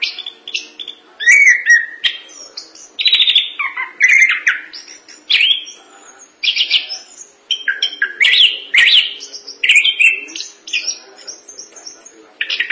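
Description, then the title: Thrush singing a fast, tumbling series of clear whistles, sharp notes and scratchy trills, phrases changing constantly in pitch. "burung anis"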